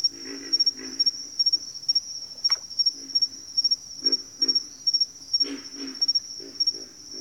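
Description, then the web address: Pig frogs give runs of low, rough grunts in short groups beneath a constant shrill insect tone. Pig frogs in a bayou. "Echoes of Nature - Bayou Pig Frogs"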